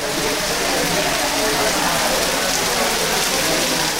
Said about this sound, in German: Vorhin schien noch die Sonne bei 30 Grad im Schatten. Jetzt plattert der Regen auf die Felder und Hütten. Vielleicht der letzte heftige Niederschlag am Ende der Regenzeit.